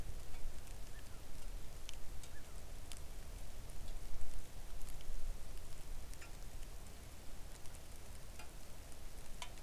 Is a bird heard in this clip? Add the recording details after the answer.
no. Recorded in the Arctic National Wildlife Refuge, Alaska, on 3 August 2019 at 05:44. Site 41